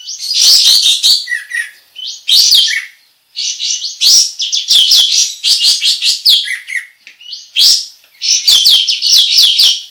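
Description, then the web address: Bulbul giving energetic, jumbled warbled phrases in several bursts, with lower chuckling notes mixed in and short silences between bursts. Described as gacor, meaning singing actively and continuously. "kapas-tembak suara-kapas-tembak-gacor"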